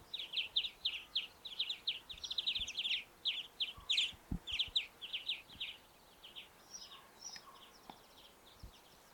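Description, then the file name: European greenfinch calls, a quick series of short bright chirps for about five and a half seconds, then fainter scattered notes and quiet background. "Chloris chloris"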